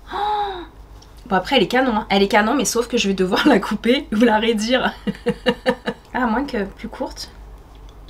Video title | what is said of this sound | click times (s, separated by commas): PONYTAILS , EXTENSIONS , TRANSFORME TON LOOK | par contre ça se clipse super bien mais je crois qu'il va falloir que elle soit toute raide non mais alors | 7.9 s, 8.1 s